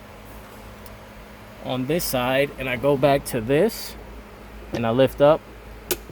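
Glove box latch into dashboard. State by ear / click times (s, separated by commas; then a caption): seated / 5.9 s. After a cabin filter swap on a 2016 Honda Odyssey, the glove box is lifted back up into the dashboard while someone talks, and its plastic side latch is pushed home against plastic. A short, sharp click at 5.9 seconds shows the latch has seated, and the glove box then hangs by itself.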